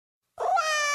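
Cat giving a single short meow after a brief silence, the tone rising then held steady to the end.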